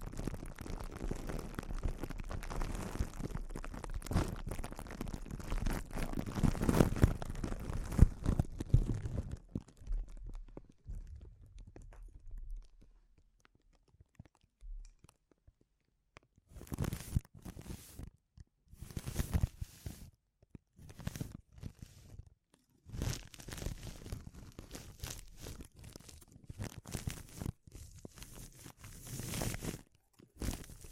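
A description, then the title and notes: Crinkling sounds, dense and continuous for the first nine seconds, with crisp tearing and crunching textures and some low rumble underneath. A near-quiet stretch follows until about sixteen seconds, then the crinkles return in short, irregular bursts separated by brief silences. ASMR Sensitive Crinkles (No Talking).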